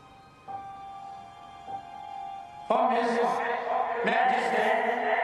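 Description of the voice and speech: The plot line of the movie deals with the king's speech, his literal speech, for in short, he stutters. Stammering over your every word can be frustrating and embarrassing under the most ordinary of circumstances. A man.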